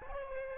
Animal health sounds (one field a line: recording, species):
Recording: mosquito wingbeat signal from an infrared sensor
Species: Aedes albopictus